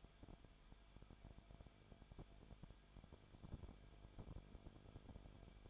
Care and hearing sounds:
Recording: daily activity, microphone in the room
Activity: no activity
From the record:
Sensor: 5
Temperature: 20.3 degrees Celsius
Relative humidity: 39.8%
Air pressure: 1010.8 hPa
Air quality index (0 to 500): 166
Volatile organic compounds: 15 ppm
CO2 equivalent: 2510 ppm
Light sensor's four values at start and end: 2/3/1/1 and 2/3/1/1

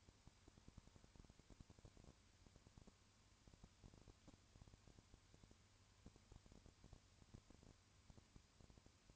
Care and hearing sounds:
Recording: daily activity, microphone in the room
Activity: no activity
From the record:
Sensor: 2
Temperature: 20.3 degrees Celsius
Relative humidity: 35.5%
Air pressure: 1000.9 hPa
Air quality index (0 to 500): 196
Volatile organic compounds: 5 ppm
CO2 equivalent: 1728 ppm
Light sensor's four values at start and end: 2/3/2/2 and 2/3/2/2

